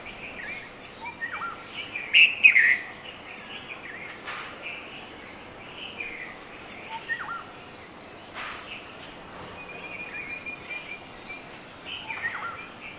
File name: Red vented Bulbul songs